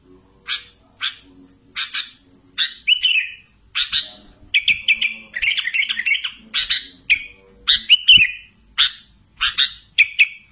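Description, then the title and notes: Sooty-headed bulbul song: spaced sharp chirps building into a busier run of warbled, slurred notes midway, then easing back to single chirps, over a steady high hum. "Kicau Burung Kutilang"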